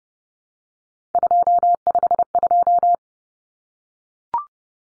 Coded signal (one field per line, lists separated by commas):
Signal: Morse code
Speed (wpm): 30 wpm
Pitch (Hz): 700 Hz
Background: none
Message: 252